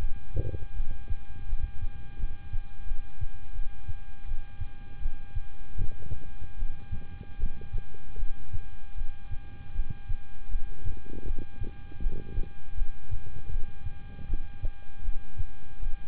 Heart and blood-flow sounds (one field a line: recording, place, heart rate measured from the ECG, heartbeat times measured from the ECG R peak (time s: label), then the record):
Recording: heart sounds by stethoscope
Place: between the tricuspid and mitral areas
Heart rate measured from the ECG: 80 bpm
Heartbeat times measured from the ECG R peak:
0.73 s: heartbeat
1.46 s: heartbeat
2.17 s: heartbeat
2.85 s: heartbeat
3.52 s: heartbeat
4.25 s: heartbeat
4.99 s: heartbeat
5.75 s: heartbeat
6.56 s: heartbeat
7.37 s: heartbeat
8.16 s: heartbeat
8.95 s: heartbeat
9.72 s: heartbeat
10.49 s: heartbeat
11.24 s: heartbeat
12.00 s: heartbeat
12.75 s: heartbeat
13.49 s: heartbeat
14.26 s: heartbeat
15.02 s: heartbeat
15.80 s: heartbeat
From the record:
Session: rest, lying down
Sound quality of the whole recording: good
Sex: male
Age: 26 years